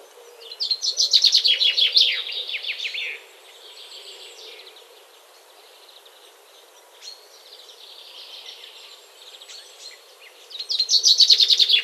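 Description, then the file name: Common chaffinch song: a loud, rapid, high strophe, a long quieter stretch of faint twittering, then another loud strophe begins at the end. "Fringilla coelebs"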